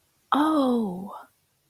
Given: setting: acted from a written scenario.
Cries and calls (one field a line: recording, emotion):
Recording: vocal sound without words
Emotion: realization